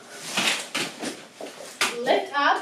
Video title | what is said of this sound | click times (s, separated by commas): TOP Lightweight Strollers of 2020 | you don't hear the lock it's actually a safety feature you don't hear that click it's not open right away so ours is not open | none